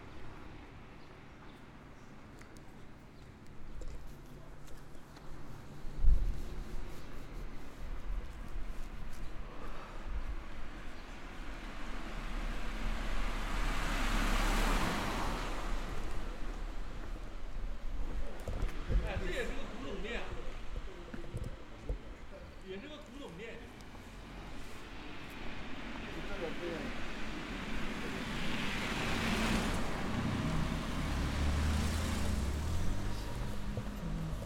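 Street sounds along Shinmachi-dori in Omihachiman: a steady low rumble with passing vehicles swelling up around 15 and 29 seconds. Scattered voices and small clatters come and go, with a sharp knock near 6 seconds.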